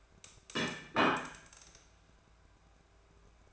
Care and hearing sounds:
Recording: daily activity, microphone in the room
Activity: place plate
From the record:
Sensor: 2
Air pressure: 1014.9 hPa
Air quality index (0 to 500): 205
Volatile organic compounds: 21 ppm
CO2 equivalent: 2714 ppm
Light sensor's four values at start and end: 22/52/23/25 and 21/49/22/24

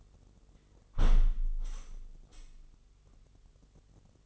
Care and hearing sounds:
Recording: daily activity, microphone in the room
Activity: close window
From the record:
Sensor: 4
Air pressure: 996.5 hPa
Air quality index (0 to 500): 75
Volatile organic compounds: 3 ppm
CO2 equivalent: 1408 ppm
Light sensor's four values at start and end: 20/54/21/22 and 19/53/20/22

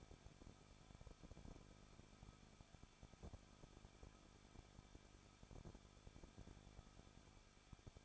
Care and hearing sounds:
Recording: daily activity, microphone in the room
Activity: no activity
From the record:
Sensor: 5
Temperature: 20.8 degrees Celsius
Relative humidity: 38.2%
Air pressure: 1006.5 hPa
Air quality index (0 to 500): 186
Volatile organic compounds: 18 ppm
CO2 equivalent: 2611 ppm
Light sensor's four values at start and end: 2/3/1/1 and 2/3/1/1

